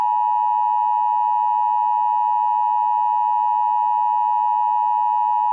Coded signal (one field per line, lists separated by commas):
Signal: Emergency Alert System (SAME) tones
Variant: 853 and 960 Hz attention tone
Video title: EAS Scenario #11: Hurricane Hell